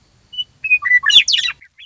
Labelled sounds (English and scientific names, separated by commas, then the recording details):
Western Meadowlark (Sturnella neglecta)
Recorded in Sonoma County, California